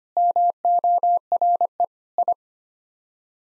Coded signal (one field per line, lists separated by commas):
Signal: Morse code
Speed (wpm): 25 wpm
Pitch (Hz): 700 Hz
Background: none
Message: MORE I